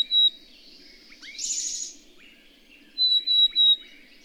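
Bird song with a brief high whistle, a rasping buzzy burst, then three clear high whistled notes in quick succession.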